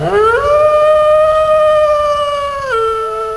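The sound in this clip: Wolf howl: a single long, rich, tonal cry that rises at the start, holds steady for over two seconds, then drops abruptly to a lower pitch near the end.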